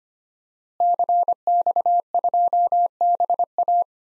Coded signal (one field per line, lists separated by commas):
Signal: Morse code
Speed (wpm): 25 wpm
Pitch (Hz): 700 Hz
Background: none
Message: CX2BA